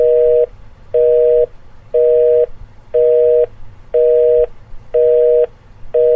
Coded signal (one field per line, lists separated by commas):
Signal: telephone call progress tone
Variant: North America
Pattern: busy tone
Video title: Busy Signal - Sky